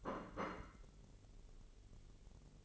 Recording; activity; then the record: daily activity, microphone in the room; place plate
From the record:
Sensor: 4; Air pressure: 1002.9 hPa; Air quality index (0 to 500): 247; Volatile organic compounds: 20 ppm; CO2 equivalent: 2678 ppm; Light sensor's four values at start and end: 5/12/4/5 and 5/12/4/5